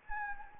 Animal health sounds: mosquito wingbeat signal from an infrared sensor; Anopheles gambiae

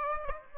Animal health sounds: mosquito wingbeat signal from an infrared sensor; Aedes aegypti

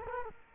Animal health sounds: mosquito wingbeat signal from an infrared sensor; Culex quinquefasciatus

